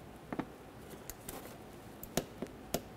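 A click-type torque wrench set to 89 inch-pounds tightens the speed sensor mounting bolt in the transmission case of a 2001-2005 Ford Explorer Sport Trac. Several faint ticks are followed by two sharp, loud clicks at 2.2 and 2.7 seconds as the wrench reaches its setting. The bolt is confirmed torqued.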